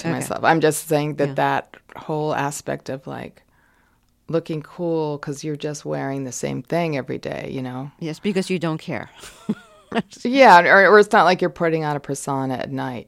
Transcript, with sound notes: I'm just saying that that whole aspect of, like, looking cool 'cause you're just wearing the same thing every day, you know?
Yes, because you don't care (laughter).
Yeah, or it's not like you're putting on a persona at night,